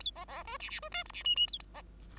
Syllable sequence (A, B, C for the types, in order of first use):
A B B C D D C E F D G G A